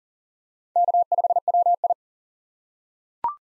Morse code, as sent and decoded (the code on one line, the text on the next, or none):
-.- ..... .-- ..
K5WI